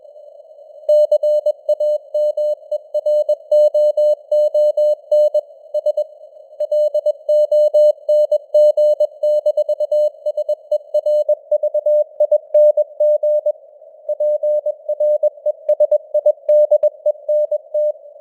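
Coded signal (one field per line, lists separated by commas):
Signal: Morse code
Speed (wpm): 21 wpm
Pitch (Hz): 600 Hz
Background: none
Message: CAMEROON S LONG-SERVING PRESIDENT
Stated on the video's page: Morse news headlines at 21 wpm with simulated radio noise and varying signal strength (QSB); an experiment.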